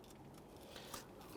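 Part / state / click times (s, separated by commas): wiring harness connector near AC compressor / seated / 0.9 s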